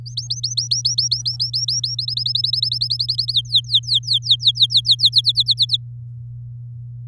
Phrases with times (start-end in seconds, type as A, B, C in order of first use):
0.06-1.95 A, 1.98-3.33 B, 3.33-5.09 C, 5.13-5.77 D